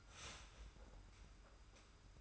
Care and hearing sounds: daily activity, microphone in the room; start toaster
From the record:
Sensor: 2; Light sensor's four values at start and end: 32/96/37/36 and 32/96/37/36

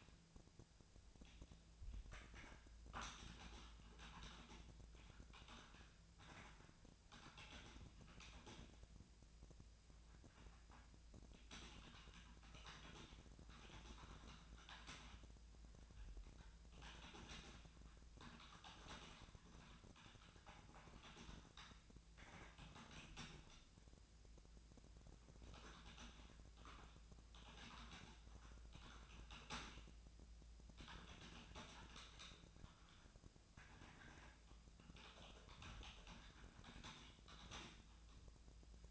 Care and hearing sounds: daily activity, microphone in the room; typing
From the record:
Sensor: 2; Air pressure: 1000.0 hPa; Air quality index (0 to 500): 129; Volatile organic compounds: 2 ppm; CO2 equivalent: 1105 ppm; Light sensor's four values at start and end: 25/61/26/29 and 25/63/27/30

